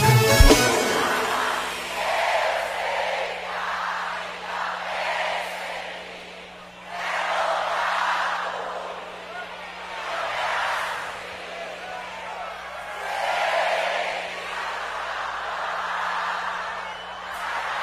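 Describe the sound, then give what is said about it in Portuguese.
A large crowd cheers and shouts continuously at a concert, the roar swelling and easing in waves over a steady low electronic hum. “Eu não tenho fã, eu tenho torcida. Cadê a torcida do …?”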